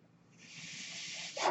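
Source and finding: Home mechanical ventilator (device). Mechanical ventilator airflow sound.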